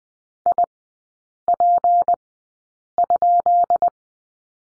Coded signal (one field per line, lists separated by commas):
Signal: Morse code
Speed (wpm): 20 wpm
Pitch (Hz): 700 Hz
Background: none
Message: IP?